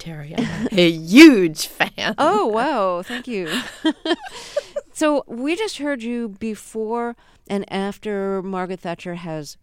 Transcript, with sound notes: I'm a huge fan.
Oh, whoa, thank you.
(LAUGHTER)
So we just heard you before and after Margaret Thatcher has